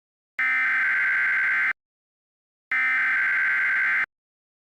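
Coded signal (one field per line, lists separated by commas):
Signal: Emergency Alert System (SAME) tones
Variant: header bursts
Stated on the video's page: Mock EAS alert, fictional scenario about Kentucky; simulated.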